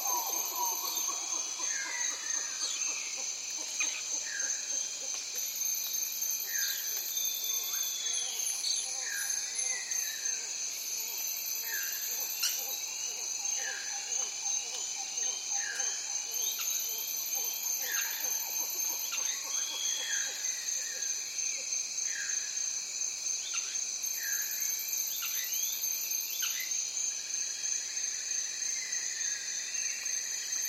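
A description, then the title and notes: A dense insect chorus fills a morning rainforest with steady, shrill buzzing, including a very high whine that switches on and off every few seconds. Birds call constantly underneath with short descending whistles and chirps, while the level stays loud throughout. The Amazon rainforest wakes up. Early in the morning in the Amazon rainforest - the air is thick with humidity and wildlife sounds. The insect chorus is deafening, and birds are trying to do their part by calling incessantly everywhere.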